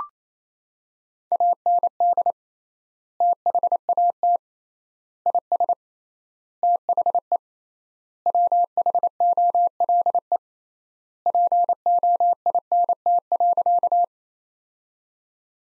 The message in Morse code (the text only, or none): AND THAT IS THE WHOLE POINT.